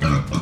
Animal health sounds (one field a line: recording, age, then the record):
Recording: pig call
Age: growing-finishing pig (85 days or more)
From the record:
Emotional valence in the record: positive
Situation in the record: run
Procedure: transit